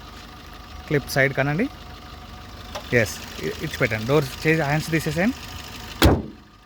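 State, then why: Seated. Someone talks over a steady background hum before a car door is shut firmly. A sharp thud at 6.0 s is the door latch catching in the door frame, confirming it has seated.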